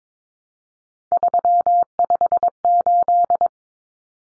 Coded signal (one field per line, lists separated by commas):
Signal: Morse code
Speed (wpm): 22 wpm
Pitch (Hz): 700 Hz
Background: none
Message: 358